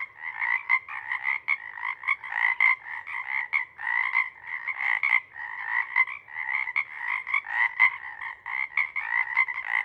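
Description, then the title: Pacific chorus frog chorus, a steady wall of overlapping ribbit calls with rhythmic surges, many frogs calling at once without pause. Full chorus at a pond in pre-morning twilight, waxing and waning in waves that circle the pond, then tapering into staccato sections as temperature drops and individuals leave to hunt. "Chorus Frogs, Chorus Waxes and Wanes, pre-morning-twilight"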